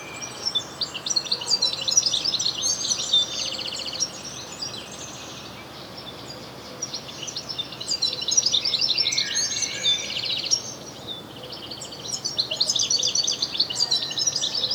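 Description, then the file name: European goldfinch twitters in quick, irregular bursts, tinkling notes and short buzzy trills, with a quieter pause midway and steady faint background hum. "Carduelis carduelis"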